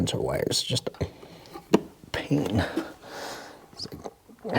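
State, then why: Not seated. Someone talks while pushing a plastic sensor wire connector onto its engine sensor on an F-Type R, and a few brief sharp sounds come through near 1.7 s and 2.1 s. The connector goes on only halfway, and nothing has clicked or latched into place yet.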